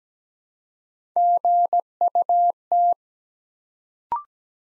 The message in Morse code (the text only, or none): GUT